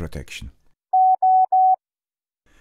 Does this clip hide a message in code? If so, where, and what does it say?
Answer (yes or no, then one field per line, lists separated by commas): no